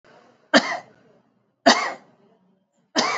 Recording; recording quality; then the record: heavy voluntary cough; excellent, no background noise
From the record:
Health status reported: exposed to COVID-19, no respiratory illness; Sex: male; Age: 55 years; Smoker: no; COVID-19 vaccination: both doses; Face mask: worn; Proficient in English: yes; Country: India